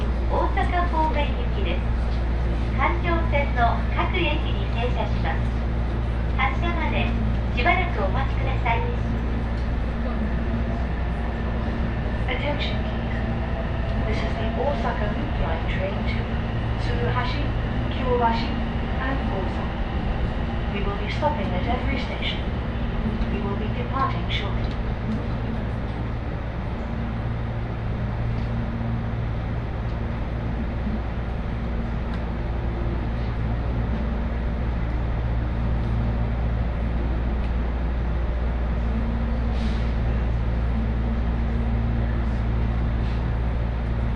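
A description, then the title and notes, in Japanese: A ride on an Osaka Loop Line inner-circle train heading for Kyobashi. A steady, deep rumbling hum from the train runs throughout, with voices talking over it for roughly the first twenty-five seconds, then mostly just the even drone with occasional faint clicks. 耳で楽しむ鉄道旅 ＪＲ難波→新今宮→京橋→鴫野。大阪環状線の内回り電車に乗り換えて京橋に向かいます。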